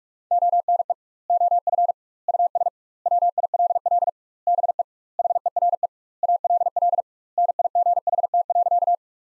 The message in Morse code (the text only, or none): ONE OF US WILL BE HERE ALL NIGHT.